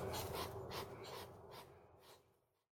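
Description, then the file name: Hedgehog puffing, soft breathy huffs in a quick uneven series that gradually fade away into silence. "zvuki prirody - ezhik pyhtit"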